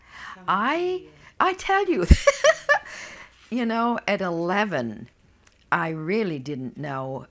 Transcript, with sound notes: I, I tell you, ( she laughs ) you know, at eleven, I really didn't know.